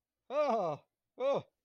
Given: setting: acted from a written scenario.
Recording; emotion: vocal sound without words; positive surprise